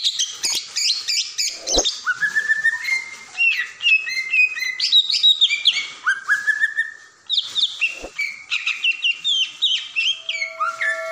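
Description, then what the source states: Oriental magpie-robin singing richly, mixing quick chirps, slurred rising and falling whistles and trills in a nearly unbroken flow. Long-duration filler song (isian) meant to train the bird to sing loudly by day and night.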